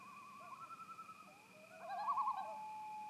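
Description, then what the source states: Loon giving a brief quavering tremolo after a softer wavering phrase, ending in a short steady tone, with a steady high hum throughout. Several loons at Sunset Lodge, 10 September 2018.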